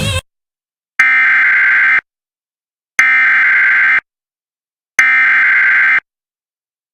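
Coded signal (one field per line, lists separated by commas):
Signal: Emergency Alert System (SAME) tones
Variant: header bursts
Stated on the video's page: Real US EAS alerts recorded during the year: required weekly tests, special marine warnings and flash flood warnings from various regions and broadcasters.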